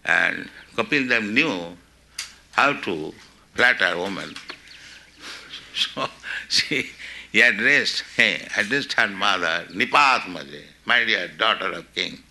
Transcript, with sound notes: and Kapiladeva knew how to flatter woman. [chuckles] So He addressed her mother, nṛpātmaje, "My dear daughter of king."